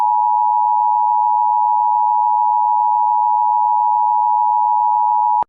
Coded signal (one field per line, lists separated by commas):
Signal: Emergency Alert System (SAME) tones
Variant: 853 and 960 Hz attention tone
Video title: CPTV Connecticut Required Monthly Test (EAS #1284) 9/19/23